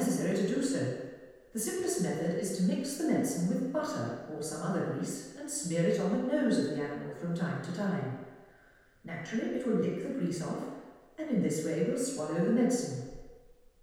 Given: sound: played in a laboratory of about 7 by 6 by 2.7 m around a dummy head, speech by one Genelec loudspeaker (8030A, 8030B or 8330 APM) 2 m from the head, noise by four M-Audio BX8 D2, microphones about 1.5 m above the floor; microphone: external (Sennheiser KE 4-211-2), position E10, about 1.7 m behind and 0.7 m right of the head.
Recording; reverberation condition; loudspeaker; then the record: female speech in English; high; 60 degrees to the right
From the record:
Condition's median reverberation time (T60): about 1300 ms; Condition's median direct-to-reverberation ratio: about -4.0 dB